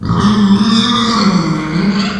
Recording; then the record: squeal of a Yucatan mini pig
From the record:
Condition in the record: after surgery on the right vocal fold (resection and tissue-engineered implant); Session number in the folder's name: 16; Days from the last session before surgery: 183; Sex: female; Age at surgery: 19 weeks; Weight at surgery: 25 kg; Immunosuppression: prednisolone